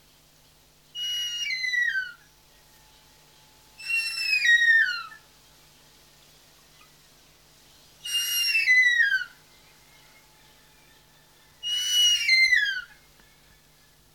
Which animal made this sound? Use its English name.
Harpy Eagle